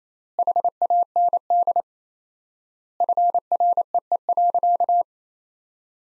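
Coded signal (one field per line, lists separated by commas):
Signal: Morse code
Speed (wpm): 28 wpm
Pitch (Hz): 700 Hz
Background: none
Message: HAND FREE.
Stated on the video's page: Morse practice sentences at 28 wpm with 4x standard word spacing, a word-level analogue of Farnsworth spacing.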